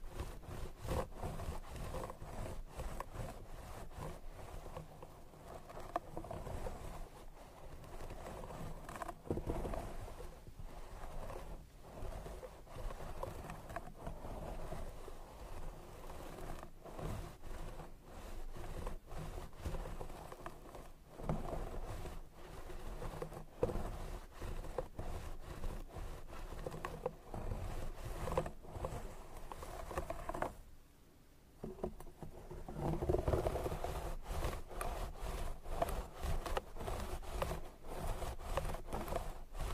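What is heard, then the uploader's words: Steady scratchy rustling of hair brushing and scalp massage with frequent soft clicks and strokes, briefly easing around thirty-one seconds. Scalp Massage & Hair Brushing.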